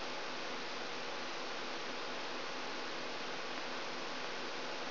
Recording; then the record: brain microelectrode recording played as sound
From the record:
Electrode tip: outside the subthalamic nucleus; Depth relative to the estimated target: 3 mm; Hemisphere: left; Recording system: AlphaMap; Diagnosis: Parkinson's disease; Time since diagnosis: 10 years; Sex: male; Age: 47 years